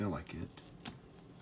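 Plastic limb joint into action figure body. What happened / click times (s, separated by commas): Plastic joint handled, not yet seated / none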